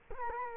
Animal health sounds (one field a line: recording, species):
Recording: mosquito wingbeat signal from an infrared sensor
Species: Culex quinquefasciatus